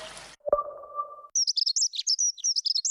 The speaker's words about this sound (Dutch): Word je ook zo blij van de eerste hegemus?